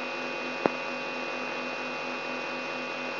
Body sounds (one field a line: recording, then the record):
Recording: brain microelectrode recording played as sound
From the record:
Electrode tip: inside the subthalamic nucleus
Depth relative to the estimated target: -2 mm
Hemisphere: right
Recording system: AlphaMap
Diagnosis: Parkinson's disease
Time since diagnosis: 12 years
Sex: female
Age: 65 years